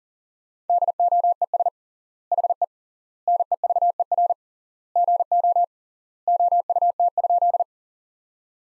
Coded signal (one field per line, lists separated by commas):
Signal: Morse code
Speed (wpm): 40 wpm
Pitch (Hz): 700 Hz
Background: none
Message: DOES HE NEVER GO OUT?